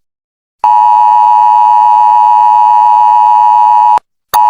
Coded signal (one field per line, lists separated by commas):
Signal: Emergency Alert System (SAME) tones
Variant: 853 and 960 Hz attention tone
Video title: All EAS Alarm of the Brazilian States (EDITED) #edit #brazil #easalarm #states #brazilian